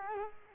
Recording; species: mosquito wingbeat signal from an infrared sensor; Culex quinquefasciatus